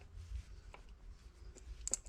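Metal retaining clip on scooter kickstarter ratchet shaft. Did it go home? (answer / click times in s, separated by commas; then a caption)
no / none. A mechanic fits a small metal retaining clip (stopper) by hand onto the kickstarter ratchet assembly of a Chinese 125cc scooter. Faint metallic handling taps and clicks sit over a low background rumble, with the sharpest light hits near the end. Nothing has seated or clicked into place yet.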